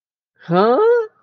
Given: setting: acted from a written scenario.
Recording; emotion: vocal sound without words; confusion